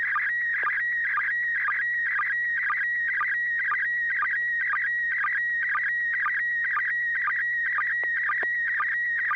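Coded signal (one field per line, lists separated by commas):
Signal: SSTV (slow-scan television)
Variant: PD120 mode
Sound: warbling tone with rhythmic chirpy dips about twice a second, steady scanning rhythm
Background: low mains hum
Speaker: thank you this is going to be uh PD 120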